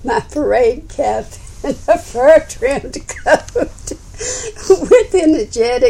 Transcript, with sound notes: my parade cap and a fur trimmed coat! (laughs) With energetics!